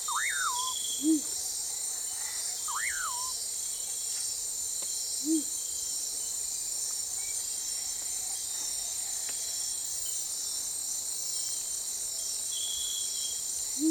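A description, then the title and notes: A rainforest morning carries a steady, dense wash of high insect buzzing. Over it, a bird gives looping, rising-and-falling whistles in the first three seconds. Soft low hoots come at about one, five and fourteen seconds. British Library - Rainforest Atmosphere Morning (Recorded by Richard Ranft).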